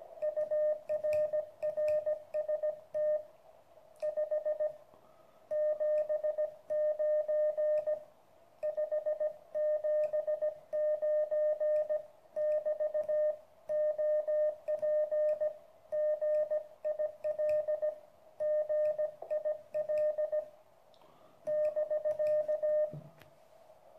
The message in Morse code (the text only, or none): UR RST 5 79 579 <BT> OP GIL GIL <BK>